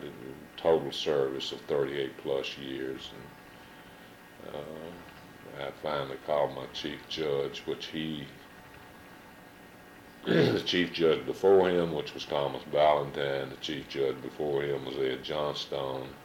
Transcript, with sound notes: I did a total service of thirty-eight plus years. And I finally called my chief judge, which he [clears throat] --the chief judge before him, which was Thomas Valentine, the chief judge before him was Ed Johnstone.